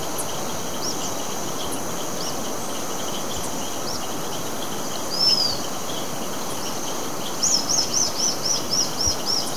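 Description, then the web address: White-fronted tyrannulet calls: a single thin slurred high note, then a quick series of about eight sharp, high, evenly spaced notes, over a steady hiss. Recorded in Ecuador. "Natures Songs S America Birds of Ecuador. White-fronted Tyrannulet"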